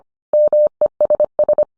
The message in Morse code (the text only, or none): MESS